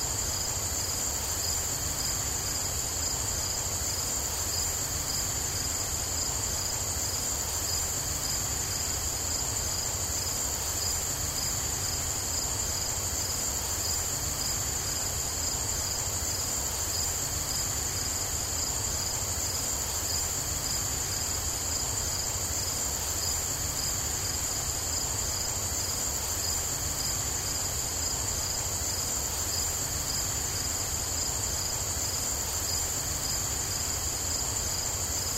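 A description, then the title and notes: Insects chirp in the grass nearby in a dense, unbroken high-pitched trill that holds steady for the whole stretch. Underneath sits a constant low rumble, and the overall loudness barely changes, with no distinct events standing out. Cars pass by as insects chirp in the grass nearby.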